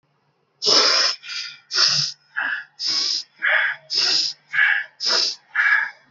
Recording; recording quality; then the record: shallow breathing; excellent, no background noise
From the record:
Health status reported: healthy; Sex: male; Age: 36 years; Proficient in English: yes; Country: India